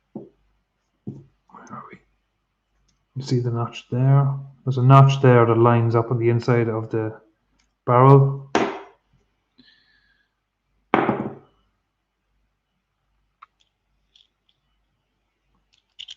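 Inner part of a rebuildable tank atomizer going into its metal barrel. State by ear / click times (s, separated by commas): not seated / none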